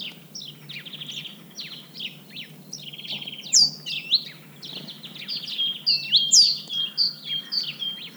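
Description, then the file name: Great tit calling: runs of buzzy, rattling notes mixed with clear hooked whistles and high upswept notes, louder in the second half. "Parus major"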